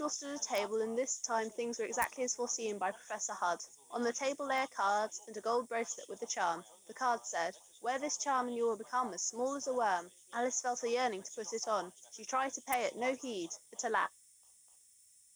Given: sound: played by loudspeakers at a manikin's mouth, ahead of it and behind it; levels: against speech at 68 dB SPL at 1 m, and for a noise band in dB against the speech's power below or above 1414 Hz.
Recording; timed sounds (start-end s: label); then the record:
test signals for a remote microphone
0.00-14.06 s: woman speaking, babble ahead at +6 dB SNR for speech at 1 m
From the record:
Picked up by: remote microphone D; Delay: 24 ms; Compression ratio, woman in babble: 1.06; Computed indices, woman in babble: HASPI 0.873, HASQI 0.329 (non-linear 0.380, linear 0.865), ESTOI 0.825